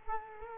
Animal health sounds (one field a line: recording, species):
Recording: mosquito wingbeat signal from an infrared sensor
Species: Culex quinquefasciatus